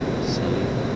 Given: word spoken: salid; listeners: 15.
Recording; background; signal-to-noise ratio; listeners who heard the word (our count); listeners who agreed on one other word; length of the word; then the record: one Spanish word in noise, from a listening test; speech-shaped noise; -6.0 dB; 0 of 15; 6 of 15; 0.56 s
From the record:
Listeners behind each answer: 6, 2, 1, 1, 1, 1, 1, 1, 1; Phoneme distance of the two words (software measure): 10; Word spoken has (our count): 2 syllables, 5 phonemes, stress on syllable 2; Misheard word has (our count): 2 syllables, 5 phonemes, stress on syllable 2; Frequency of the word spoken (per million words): 0.27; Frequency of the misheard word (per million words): 147.13